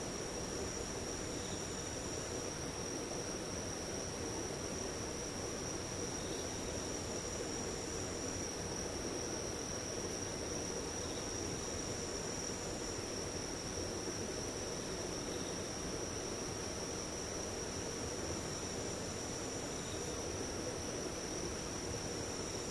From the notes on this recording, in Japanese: ムシ